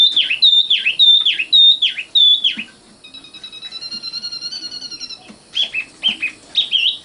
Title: Kicau Kacer